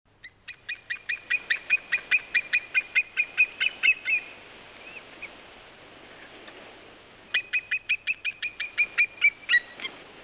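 White-tailed eagle calling, a long rapid series of sharp yelping notes, then a pause and a second similar series.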